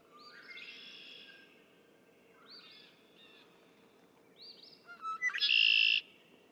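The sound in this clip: Red-winged blackbird song. Two softer buzzy phrases come first, then a loud one with quick chattering notes building into a rasping, sustained trill.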